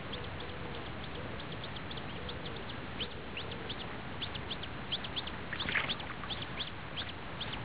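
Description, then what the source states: Coot calls: quick high piping notes in irregular runs, busier in the second half, against constant low background rumble. Adult feeding young.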